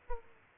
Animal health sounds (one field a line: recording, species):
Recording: mosquito wingbeat signal from an infrared sensor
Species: Aedes aegypti